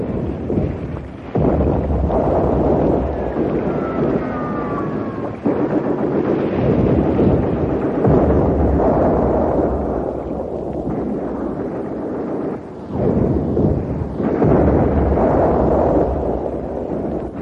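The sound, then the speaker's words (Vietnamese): Heavy, continuous low rumbling roar of 106 mm and 20 mm guns firing from boats at night at an enemy radar installation 300-400 metres away, with explosions, broken by several sharp booming bursts spaced a few seconds apart, with no voices. “Trong đêm tối, khi còn cách dàn radar của địch 300-400 mét, quả lực của chúng tôi là những mũi súng 106 ly và 20 ly bắt đầu gạt lửa vào mục tiêu.”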